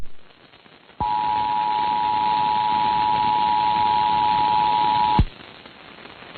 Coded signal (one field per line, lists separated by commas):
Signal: Emergency Alert System (SAME) tones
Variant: 853 and 960 Hz attention tone